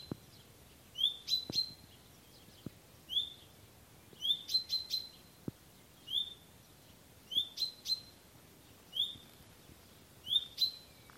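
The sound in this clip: Common chaffinch, short high chirping phrases repeated several times over light hiss and occasional clicks.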